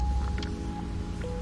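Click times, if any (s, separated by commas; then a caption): none. A plastic trim clip is handled for pressing back into its hole in a 2020 WRX door panel, after loose spots on the panel were taped to fix door rattles. Two brief sharp ticks at about 0.3 and 0.4 s sit over a steady, music-like tonal background. Nothing has seated or clicked yet.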